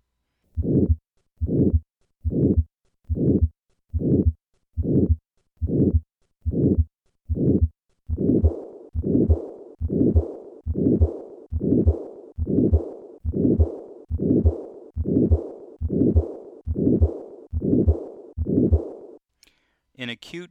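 Regular heart cycles at about 71 a minute: early beats are low thumps, later ones carry a longer, harsher murmur filling much of each cycle. Simulated adult combined aortic stenosis and aortic regurgitation, an ejection murmur plus a diastolic leak back across the aortic valve.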